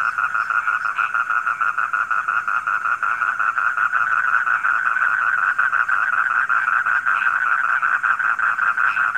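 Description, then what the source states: Frog chorus of quick, grating pulses running without pause. Frogs calling at night.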